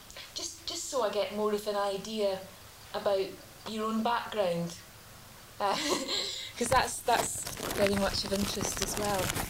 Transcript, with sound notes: Erm, just so I get more of an idea about your own background. [laughs] Eh, 'cause that's very much of interest as well.